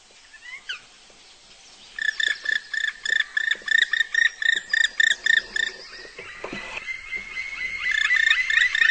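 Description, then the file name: Black woodpecker calling: a rapid series of harsh, harmonic notes, followed by a long, sustained, slightly rising note near the end. Call, heard on a guided walk along a fitness trail. "pic noir cri"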